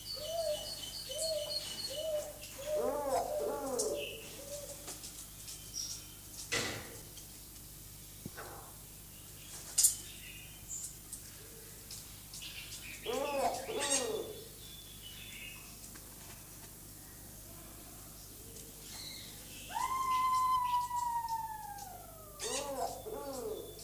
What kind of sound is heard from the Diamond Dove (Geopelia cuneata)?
courtship call